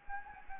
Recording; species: mosquito wingbeat signal from an infrared sensor; Anopheles gambiae